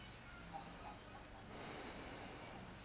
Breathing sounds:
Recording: one breath in and out by a microphone near the nose and mouth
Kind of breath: deep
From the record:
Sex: male

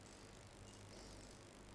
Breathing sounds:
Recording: one breath in and out by a microphone near the nose and mouth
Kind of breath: normal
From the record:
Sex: male

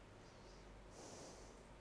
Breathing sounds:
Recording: one breath in and out by a microphone near the nose and mouth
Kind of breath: normal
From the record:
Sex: female

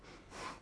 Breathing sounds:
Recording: one breath in and out by a microphone near the nose and mouth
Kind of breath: strong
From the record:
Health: marked as sick, illness not named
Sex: female

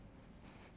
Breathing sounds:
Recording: one breath in and out by a microphone near the nose and mouth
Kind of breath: strong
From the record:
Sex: male

